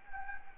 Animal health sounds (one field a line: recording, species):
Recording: mosquito wingbeat signal from an infrared sensor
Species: Anopheles gambiae